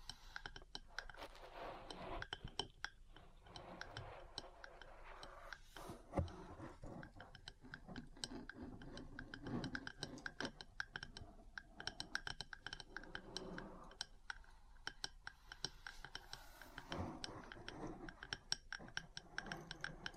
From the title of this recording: Metal Parts Tapping & Scratching